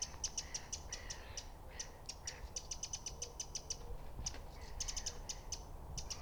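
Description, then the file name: Eurasian wren calls: quick series of hard, high clicks in short bursts every second or so, with a faint lower chirping behind and a constant low hum. "Troglodytes troglodytes"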